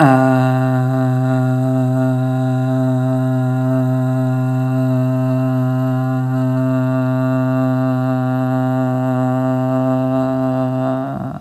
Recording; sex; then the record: sustained vowel /a/; male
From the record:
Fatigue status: fatigue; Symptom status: symptomatic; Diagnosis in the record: COVID-19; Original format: m4a